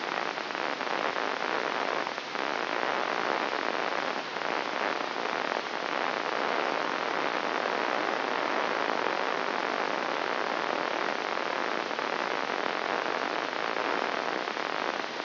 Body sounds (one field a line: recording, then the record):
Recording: brain microelectrode recording played as sound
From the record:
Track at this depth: outside the subthalamic nucleus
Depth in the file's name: -0.683 mm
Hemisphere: left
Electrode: 3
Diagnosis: Parkinson's disease